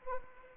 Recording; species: mosquito wingbeat signal from an infrared sensor; Anopheles arabiensis